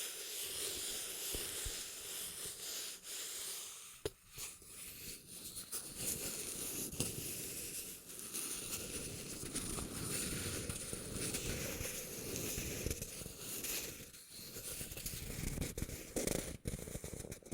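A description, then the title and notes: Rubbing and crinkling goes on without pause for the whole stretch, a dense, dry rustle full of tiny crackles. Short dips in level break it near 4, 8 and 14 seconds, and a brighter crinkly texture fills in after about 6 seconds. Rubbing and Crinkles (NO TALKING).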